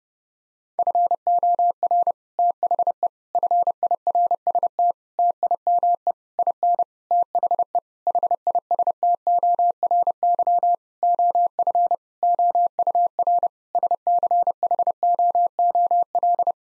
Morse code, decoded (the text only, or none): FOR THE FIRST TIME IN THE HISTORY OF OUR SCHOOL